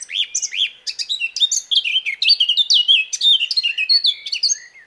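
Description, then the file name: Eurasian blackcap pouring out a continuous, bright warble of quick fluty slurs and chirps, densely packed and varied throughout. "Sylvia atricapilla"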